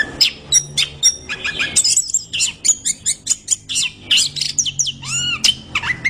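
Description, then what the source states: Orange-headed thrush singing quick chirps and whistled notes, with a few clear, arching slurred whistles near the end. Singing persistently and loudly (gacor).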